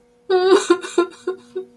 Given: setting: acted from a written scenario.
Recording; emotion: vocal sound without words; sadness